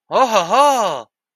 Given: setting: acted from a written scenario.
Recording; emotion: vocal sound without words; awe